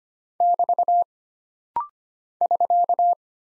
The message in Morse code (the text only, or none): <BT> <SK>